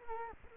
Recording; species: mosquito wingbeat signal from an infrared sensor; Culex quinquefasciatus